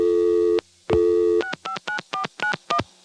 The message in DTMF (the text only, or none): 659491